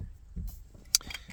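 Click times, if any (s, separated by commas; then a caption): none. A plastic horn button is pressed into the quick-release hub of an aftermarket Vertex steering wheel being installed on an FRS. Only short handling knocks are heard, with the sharpest one around 0.9 s. The horn button has not clicked in and does not fit the quick release.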